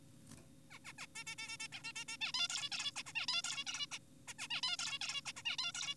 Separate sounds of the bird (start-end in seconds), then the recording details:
0.71-0.78, 0.85-0.93, 0.98-1.06, 1.16-1.24, 1.27-1.36, 1.38-1.57, 1.60-1.68, 1.72-1.83, 1.84-1.93, 1.96-2.04, 2.08-2.17, 2.21-2.32, 2.34-2.48, 2.50-2.70, 2.72-2.92, 2.96-3.03, 3.06-3.13, 3.16-3.26, 3.28-3.42, 3.44-3.64, 3.67-3.86, 3.92-3.99, 4.28-4.34, 4.39-4.48, 4.50-4.61, 4.63-4.76, 4.79-4.99, 5.01-5.21, 5.26-5.32, 5.36-5.43, 5.46-5.56, 5.59-5.72, 5.75-5.95. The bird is an adult. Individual g4p5U